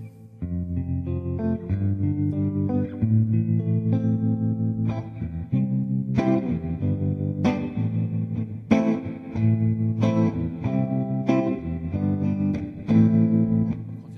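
An electric instrument plays steady, sustained chords with a thick low-mid tone, drenched in reverb being added while mixing, shifting every second or two at an even loudness with no voices.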